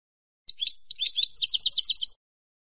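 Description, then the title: European goldfinch song: a fast, high twittering phrase of tinkling notes, becoming a rapid trill near the end, with no other sounds. "Jilguero"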